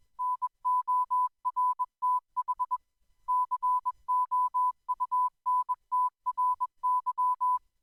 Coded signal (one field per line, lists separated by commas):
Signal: Morse code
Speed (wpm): 21 wpm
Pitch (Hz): 1000 Hz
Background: music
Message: NORTH COUNTRY